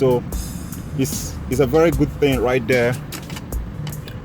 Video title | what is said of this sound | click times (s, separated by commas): Channellock 200 Piece Mechanic Tool Set Unboxing Review | all of them snaps in place. | 3.9 s